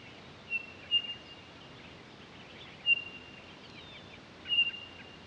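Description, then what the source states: Townsend's solitaire giving clear, flat whistled notes: a close pair, then a single note, then a quick double near the end. Recorded 23 October 2011.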